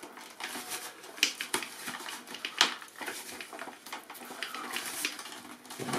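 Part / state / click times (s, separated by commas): horizontal stabilizer half into the other half on RC airplane tail / not seated / none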